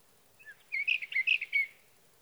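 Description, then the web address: Sage thrasher song: a couple of soft introductory notes, then a fast stream of varied warbles and slurs lasting about a second. "birdsongforthecurious Sage Thrasher"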